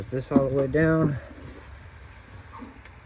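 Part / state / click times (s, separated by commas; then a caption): engine bay part (likely oil dipstick) into its tube / not seated / none. During an oil change on a 2007 Mustang GT, an engine-bay part, likely the oil dipstick, is being pushed all the way down into its tube while someone talks over a low background hum. A faint short tick is heard near 2.9 s, but nothing has seated or clicked yet.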